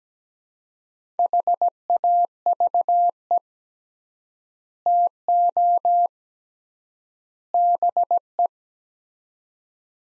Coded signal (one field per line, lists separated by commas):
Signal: Morse code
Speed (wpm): 17 wpm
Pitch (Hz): 700 Hz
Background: none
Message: HAVE TO BE